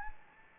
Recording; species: mosquito wingbeat signal from an infrared sensor; Anopheles gambiae